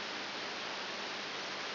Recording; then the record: brain microelectrode recording played as sound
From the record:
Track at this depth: outside the subthalamic nucleus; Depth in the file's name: 8 mm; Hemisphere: left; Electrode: 3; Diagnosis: Parkinson's disease